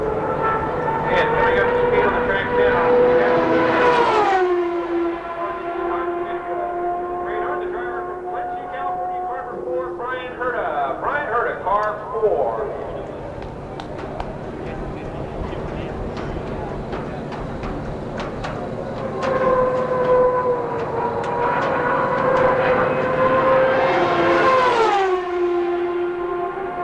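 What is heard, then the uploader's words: At Phoenix International Raceway, a car's engine whine drops in pitch as it passes near 4 seconds, then again near 25, with murmuring between. The Sounds of IndyCar, Phoenix 1995. The 1995 CART IndyCar Series event at Phoenix International Raceway. The glorious sounds of the unmistakable 2.65-liter turbocharged V8 engines provide an amazing soundtrack.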